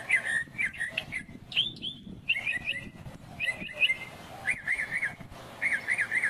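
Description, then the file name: Northern mockingbird song made of varied chattering phrases, each repeated in quick bursts, with brief pauses between phrase groups. "Northern Mockingbird Sandtouch"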